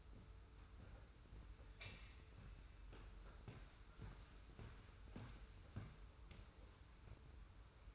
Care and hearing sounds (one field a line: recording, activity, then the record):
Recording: daily activity, microphone in the room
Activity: walk to room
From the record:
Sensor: 2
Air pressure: 991.0 hPa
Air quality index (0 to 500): 111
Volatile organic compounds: 52 ppm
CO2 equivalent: 3328 ppm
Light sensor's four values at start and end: 34/102/40/38 and 34/100/39/38